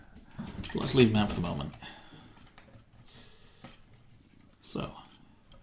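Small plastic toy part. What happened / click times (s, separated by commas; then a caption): The plastic part is being handled and has not yet locked in / none. A section of a plastic transforming robot toy is being handled and moved toward its locked position on the body, where it is meant to gently soft-lock into place. Someone talks over light handling noises, with brief taps around 0.2, 2.6, 3.6 and 5.5 seconds. Nothing has seated or clicked yet.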